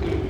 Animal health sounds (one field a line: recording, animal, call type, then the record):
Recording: contact call of a hoofed animal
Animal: pig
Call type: closed-mouth grunt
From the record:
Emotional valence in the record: positive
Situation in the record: food and toys in familiar pen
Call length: 0.30 s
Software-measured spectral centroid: 1400 Hz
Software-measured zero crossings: 810 a second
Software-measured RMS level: -24 dBFS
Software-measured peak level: -14 dBFS